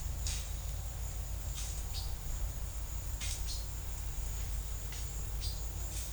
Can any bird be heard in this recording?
no